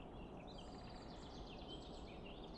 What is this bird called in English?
Great Spotted Woodpecker